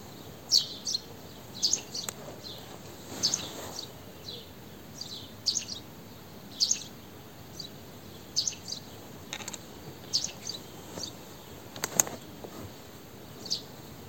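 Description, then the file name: House sparrow giving a long series of bright, high chirps at an uneven pace, with occasional clicks against a continuous hiss. "Passer domesticus"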